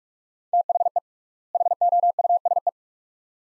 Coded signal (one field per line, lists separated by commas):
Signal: Morse code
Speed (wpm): 43 wpm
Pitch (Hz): 700 Hz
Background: none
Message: THE HOUSE